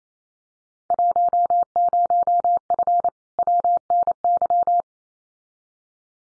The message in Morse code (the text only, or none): 10F WNY